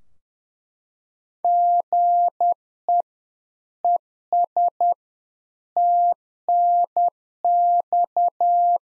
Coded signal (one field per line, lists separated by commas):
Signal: Morse code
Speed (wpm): 10 wpm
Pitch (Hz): 700 Hz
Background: none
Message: GE ES TNX